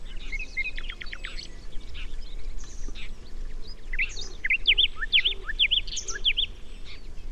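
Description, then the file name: Common nightingale singing varied phrases: a quick run of repeated notes, then loud sharp whistled notes, over low background noise. "Luscinia megarhynchos"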